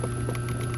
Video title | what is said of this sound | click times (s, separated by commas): How to Replace a Contactor on a Carpigiani 193G Soft Serve Machine - Tutorial | like that and then it's going to push in it's going to snap into place | 0.4 s